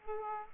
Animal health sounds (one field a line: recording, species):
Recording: mosquito wingbeat signal from an infrared sensor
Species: Aedes aegypti